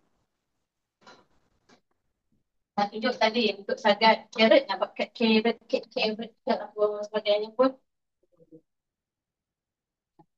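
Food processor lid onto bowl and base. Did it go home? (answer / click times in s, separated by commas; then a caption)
no / none. A grater attachment and lid are fitted onto a food processor bowl and base while someone talks from about 2.8 to 7.7 s, with only a few faint short sounds around 1.1, 1.7, 8.5 and 10.2 s. Nothing has seated or clicked yet: the part has not gone in and the lid has not locked, so the machine will not run.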